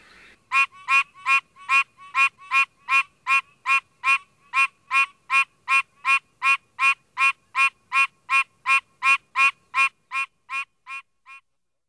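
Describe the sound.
Pine Barrens treefrog calling a steady series of nasal honking quonks, about two and a half per second, evenly spaced for roughly ten and a half seconds and fading at the end.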